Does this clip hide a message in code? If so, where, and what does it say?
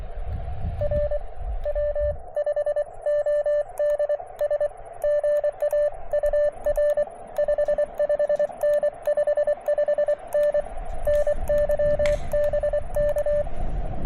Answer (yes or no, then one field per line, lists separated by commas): yes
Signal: Morse code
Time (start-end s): 0.8-13.4 s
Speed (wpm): 24 wpm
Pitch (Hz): 590 Hz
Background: radio noise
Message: R W5ODS GA UR 55N 55N NY BK